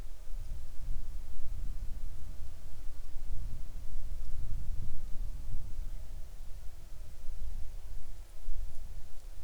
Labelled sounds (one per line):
insects